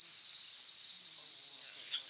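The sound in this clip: Worm-eating warbler song: a dry, high, insect-like trill held evenly for about two seconds, with a few brighter accents.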